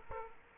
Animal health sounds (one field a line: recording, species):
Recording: mosquito wingbeat signal from an infrared sensor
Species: Aedes aegypti